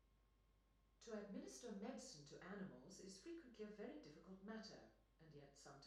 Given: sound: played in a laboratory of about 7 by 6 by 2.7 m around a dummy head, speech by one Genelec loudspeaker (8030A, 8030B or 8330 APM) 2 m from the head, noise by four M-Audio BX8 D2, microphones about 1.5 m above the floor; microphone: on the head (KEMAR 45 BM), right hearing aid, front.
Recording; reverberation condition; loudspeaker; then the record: female speech in English; medium; 90 degrees to the left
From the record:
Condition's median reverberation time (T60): about 510 ms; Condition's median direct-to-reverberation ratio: about -0.5 dB